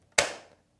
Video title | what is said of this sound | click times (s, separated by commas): 이 가격에 만족감은 최상? 국내 출시 기념 프리스타일 리브레2 연속혈당측정기 비교 & 부착법 & 사용법 까지 | 탁 하고 소리가 나게 됩니다 | 0.2 s